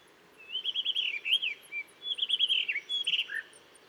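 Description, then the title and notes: Blue rock thrush singing a few quick phrases of clear, warbling, slurred notes. Singing to mark territory in a cliff at Dentelles de Montmirail, 12 March 2020, 7:25 am, changing perches through the morning; Nagra Seven recorder, Telinga Pro7. "12 mars 2020-7h25-Dentelles de Montmirail - Des le lever du jour un Monticole bleu (Monticola solitarius) se signale en alarmant dans la falaise, ensuite il se met à chanter pour marquer son territoire."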